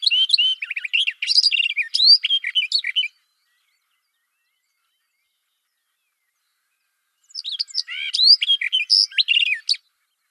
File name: Slavka jastrebinaja